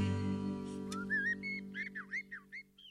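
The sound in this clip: Blackbird song: a short run of fluty, warbled whistles, some slurred and some bending up and down, over a steady low hum.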